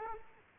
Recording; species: mosquito wingbeat signal from an infrared sensor; Aedes aegypti